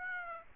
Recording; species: mosquito wingbeat signal from an infrared sensor; Aedes aegypti